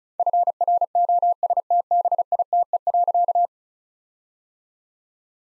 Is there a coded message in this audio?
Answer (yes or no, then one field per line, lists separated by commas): yes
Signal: Morse code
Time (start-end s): 0.2-3.5 s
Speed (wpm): 36 wpm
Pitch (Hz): 700 Hz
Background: none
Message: FROSTBITE.